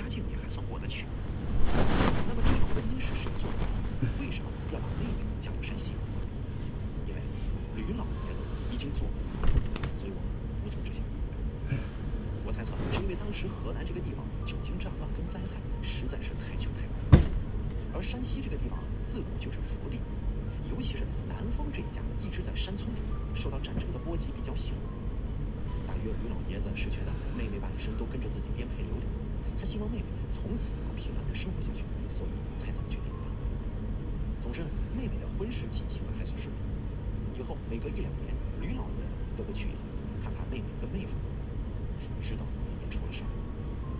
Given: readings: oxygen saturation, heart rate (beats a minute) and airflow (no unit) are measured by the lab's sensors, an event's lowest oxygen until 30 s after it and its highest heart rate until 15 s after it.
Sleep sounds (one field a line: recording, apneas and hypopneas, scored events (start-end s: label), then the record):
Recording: a person awake in a sleep study, by a smartphone at the bedside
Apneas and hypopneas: none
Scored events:
0.00-44.00 s: awake
From the record:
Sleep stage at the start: awake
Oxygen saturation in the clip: 93 to 96%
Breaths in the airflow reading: 7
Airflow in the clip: -3.7 to 5.7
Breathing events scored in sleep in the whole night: 335 in 6.7 hours asleep